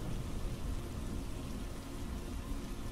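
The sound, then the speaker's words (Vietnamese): Steady, dense rainfall hisses without pause, layered over a low, continuous rumble like thunder rolling underneath. No voices, just an even wash of rain throughout. “Bà đã mất đi đứa con gái vào một đêm mưa gió, và rồi cũng trong một cơn mưa, hai mẹ con lại một lần nữa thiên thu cách biệt.”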